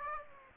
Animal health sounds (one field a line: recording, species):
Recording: mosquito wingbeat signal from an infrared sensor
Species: Aedes aegypti